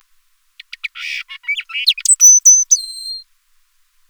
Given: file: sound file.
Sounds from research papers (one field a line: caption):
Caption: Solitary song of a female blue-capped cordon-bleu.